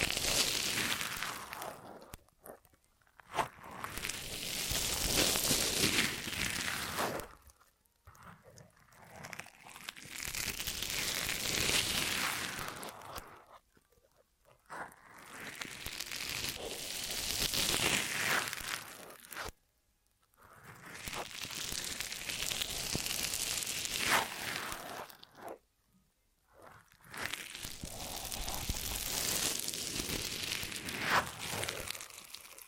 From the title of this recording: Ear Massage Triggers